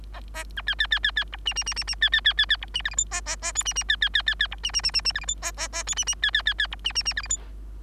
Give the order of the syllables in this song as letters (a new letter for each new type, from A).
A A B C C C C C D E E E E E C C C C C D E F G H A A A I E E C C C C C D E E E E E F G H A A A I E E C C C C D E E E F G H